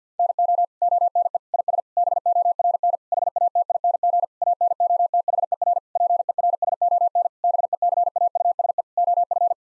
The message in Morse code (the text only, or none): NO ONE IS BORN HATING ANOTHER PERSON BECAUSE OF